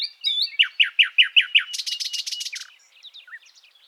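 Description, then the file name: Common nightingale with a brief whistle, six loud descending notes repeated at a steady quick pace, then a harsh rapid buzzing rattle and soft fading twitters. "Luscinia megarhynchos"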